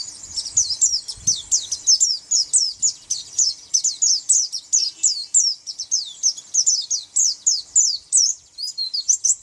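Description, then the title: White-eye song: a continuous, hurried chatter of high, thin slurred notes lasting throughout. "Pleci"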